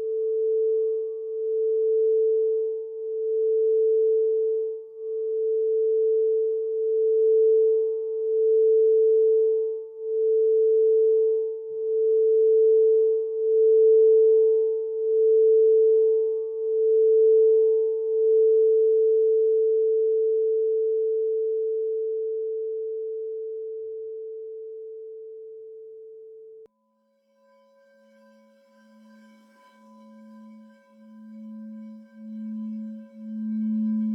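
A crystal singing bowl sustains one pure mid-pitched tone with a slow, regular wavering pulse that gradually smooths out and fades over about 26 seconds. After a brief silence, a second, lower bowl enters with fainter upper tones, its pulsing swelling louder toward the end.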